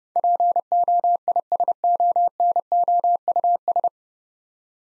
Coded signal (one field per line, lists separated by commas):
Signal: Morse code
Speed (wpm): 30 wpm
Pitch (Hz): 700 Hz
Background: none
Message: POISONOUS